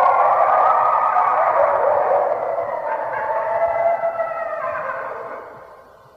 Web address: Red Wolf Howling red wolf howling